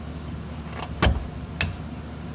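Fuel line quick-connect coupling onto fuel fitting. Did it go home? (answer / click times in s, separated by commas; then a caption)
yes / 1.6 s. A quick-connect fuel line coupling is pushed onto the fuel pump/filter fitting, with a first sharp snap at 1.0 s and a louder, crisp click at 1.6 s. The coupling clicks into place at 1.6 s and is seated on the fitting, holding firm so it won't pull off.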